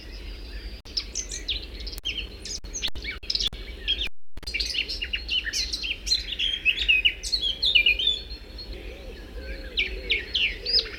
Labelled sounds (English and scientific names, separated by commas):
Eurasian Blackcap (Sylvia atricapilla) song